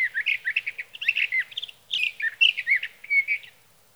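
Sage thrasher song, a long run of rapid warbled phrases mixing sweet whistles and scratchy notes, with one short break.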